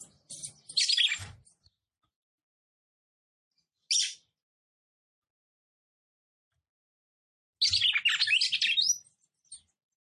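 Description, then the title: Red-cowled cardinal giving three bursts: a rapid chattering phrase, a lone sharp chirp, then another quick squeaky warbled phrase. Female song, described as fiery and nervous, used to excite and fire up male red-cowled cardinals quickly. "CANTO DA FÊ MEA GALO CAMPINA FOGOSA LEVANTA FOGOESQUENTA GALO CAMPINA MACHO RAPIDINHO FÊ MEA NERVOSA"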